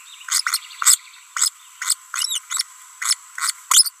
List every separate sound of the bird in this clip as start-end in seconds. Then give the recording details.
0.29-0.41, 0.47-0.58, 0.82-0.96, 1.37-1.49, 1.82-1.97. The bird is a female. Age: 22 days. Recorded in a nest box in Venezuela. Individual 17B42B3